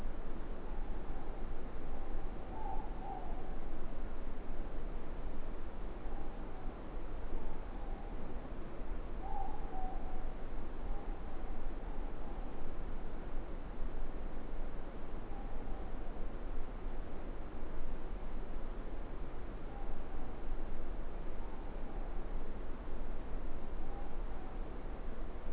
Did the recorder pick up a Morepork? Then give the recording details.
yes. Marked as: faintness 5/5, faintness 3/5. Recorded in New Zealand. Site Eglinton